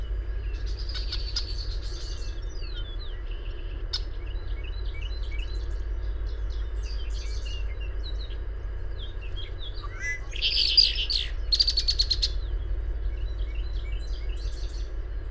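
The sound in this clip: Bird twittering with scattered high chirps and short whistles, rising into louder buzzy trilled bursts near the end, against a constant low-pitched background hum.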